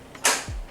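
The swivel seat on a shower chair base is rotated to finish a full turn, and the detent locks at its 90-degree stop with a sharp click at 0.3 s. A faint tick comes just before, and a low thud follows around 0.5 s. The swivel seat locks into place.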